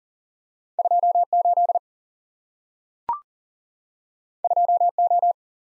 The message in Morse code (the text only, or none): 28 2O